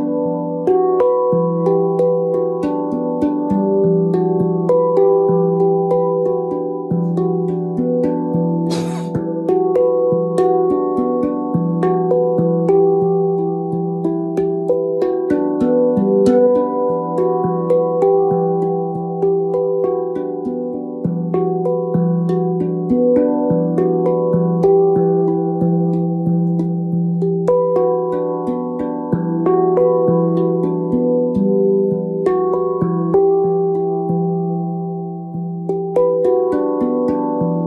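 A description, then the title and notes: A Neptune gong rings with layered, sustained tones that overlap and swell without pause for the whole stretch. The sound stays mostly in the low and middle range, with a steady shimmer on top and faint, quick ticks scattered throughout; a brief bright splash comes near nine seconds. Deep Healing Sounds from Neptune Gong. The Neptune Gong produces resonant and soothing tones.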